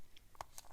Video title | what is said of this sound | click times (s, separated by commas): LGRP: HOW TO INSTALL TIRES ON 1.0 BEADLOCKS | around the ring you can hear it almost pop into place | 0.4 s